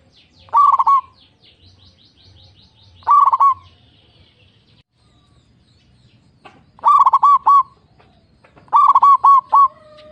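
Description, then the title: Zebra dove song: loud phrases of quick stuttering coos, two short phrases early, then two longer ones later. Local zebra dove, described as a frequent singer with a loud, crystal-clear voice. "PERKUTUT LOKAL GACOR Suara KRISTAL LANTANG"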